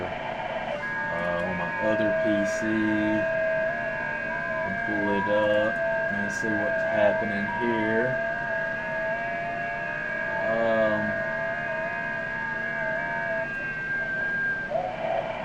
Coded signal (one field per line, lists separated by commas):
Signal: FT8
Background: speech